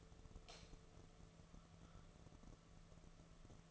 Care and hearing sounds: daily activity, microphone in the room; light on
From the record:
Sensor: 4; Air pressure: 1015.6 hPa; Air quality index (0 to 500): 183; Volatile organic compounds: 8 ppm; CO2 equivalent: 2116 ppm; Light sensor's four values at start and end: 18/43/18/18 and 16/40/16/16

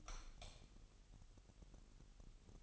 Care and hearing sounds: daily activity, microphone in the room; light off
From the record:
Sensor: 4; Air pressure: 989.2 hPa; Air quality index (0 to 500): 219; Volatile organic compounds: 73 ppm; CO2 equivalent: 3546 ppm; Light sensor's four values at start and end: 27/92/34/36 and 25/80/30/30

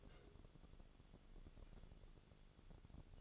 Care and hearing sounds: daily activity, microphone in the room; take from stove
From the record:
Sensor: 4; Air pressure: 1008.9 hPa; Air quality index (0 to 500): 128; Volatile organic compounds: 1 ppm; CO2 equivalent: 932 ppm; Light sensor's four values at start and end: 10/24/9/9 and 10/23/9/9

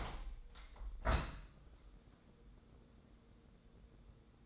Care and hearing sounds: daily activity, microphone in the room; open window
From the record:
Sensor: 3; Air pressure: 1012.3 hPa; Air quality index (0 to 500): 140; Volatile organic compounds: 2 ppm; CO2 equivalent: 1084 ppm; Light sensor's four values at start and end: 299/730/304/300 and 296/722/301/298

